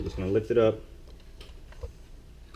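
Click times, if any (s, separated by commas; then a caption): none. Someone talks briefly while the LCD screen unit of an R56 Mini Cooper is lifted and guided toward its mounting slots in the dashboard radio housing. After the talking, a few faint, short ticks and taps follow around 1.1, 1.4, 1.7 and 2.6 seconds over a quiet background. The screen is lined up with its slots but has not been pushed home, and nothing has seated or clicked yet.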